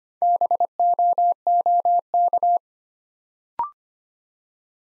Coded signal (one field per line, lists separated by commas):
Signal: Morse code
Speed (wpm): 25 wpm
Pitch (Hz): 700 Hz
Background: none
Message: BOOK